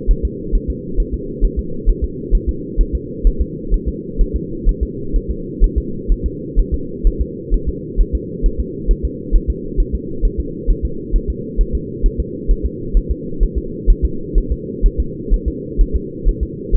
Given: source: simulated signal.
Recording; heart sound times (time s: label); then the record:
fetal heart sounds
0.11 s: S1
0.25 s: S2
0.55 s: S1
0.70 s: S2
1.00 s: S1
1.14 s: S2
1.44 s: S1
1.59 s: S2
1.89 s: S1
2.04 s: S2
2.35 s: S1
2.49 s: S2
2.81 s: S1
2.95 s: S2
3.27 s: S1
3.41 s: S2
3.74 s: S1
3.88 s: S2
4.21 s: S1
4.36 s: S2
4.69 s: S1
4.83 s: S2
5.16 s: S1
5.31 s: S2
5.64 s: S1
5.78 s: S2
6.12 s: S1
6.26 s: S2
6.59 s: S1
6.74 s: S2
7.07 s: S1
7.21 s: S2
7.54 s: S1
7.69 s: S2
8.01 s: S1
8.15 s: S2
8.46 s: S1
8.60 s: S2
8.91 s: S1
9.05 s: S2
9.36 s: S1
9.50 s: S2
9.80 s: S1
9.95 s: S2
10.25 s: S1
10.40 s: S2
10.70 s: S1
10.85 s: S2
11.16 s: S1
11.30 s: S2
11.61 s: S1
11.75 s: S2
12.06 s: S1
12.20 s: S2
12.51 s: S1
12.66 s: S2
12.97 s: S1
13.11 s: S2
13.43 s: S1
13.58 s: S2
13.90 s: S1
14.05 s: S2
14.38 s: S1
14.52 s: S2
14.86 s: S1
15.00 s: S2
15.34 s: S1
15.48 s: S2
15.81 s: S1
15.96 s: S2
16.28 s: S1
16.43 s: S2
16.75 s: S1
From the record:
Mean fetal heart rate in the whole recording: 130 bpm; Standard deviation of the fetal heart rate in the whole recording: 2 bpm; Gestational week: 38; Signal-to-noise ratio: -4.3 dB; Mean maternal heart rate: 72 bpm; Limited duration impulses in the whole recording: absent